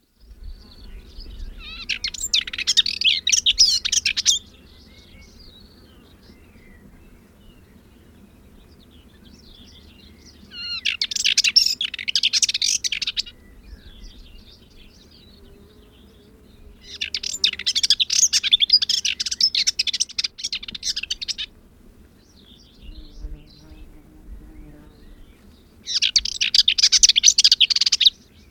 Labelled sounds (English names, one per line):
Subalpine Warbler song